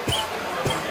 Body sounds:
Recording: coughing mixed with background sound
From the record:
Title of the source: Dry Afternoon Cough

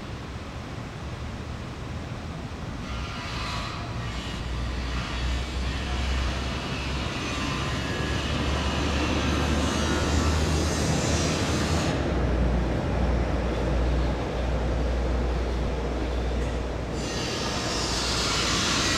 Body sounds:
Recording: background sound without coughing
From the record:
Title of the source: 30 MINUTES Construction Site Ambience (CC BY 4.0)

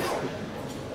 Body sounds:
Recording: coughing mixed with background sound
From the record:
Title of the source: Coughing 77

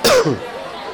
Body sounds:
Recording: coughing mixed with background sound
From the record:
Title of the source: Coughing 60

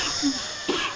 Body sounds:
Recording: coughing mixed with background sound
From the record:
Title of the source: 64 coughing, allergies, singing lungs

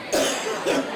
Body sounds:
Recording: coughing mixed with background sound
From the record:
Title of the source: Residual Phlegmy Morning Coughing and Gagging

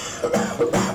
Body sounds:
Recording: coughing mixed with background sound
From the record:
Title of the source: Cough Around the Clock!

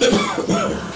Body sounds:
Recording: coughing mixed with background sound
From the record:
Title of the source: Spring Cold Coughing.

